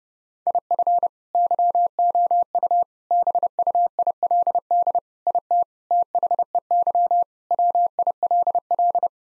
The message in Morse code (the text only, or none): IF YOU BUILD IT THEY WILL